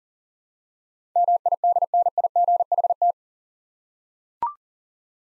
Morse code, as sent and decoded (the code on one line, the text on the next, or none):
-- .. -.. -. .. --. .... -
MIDNIGHT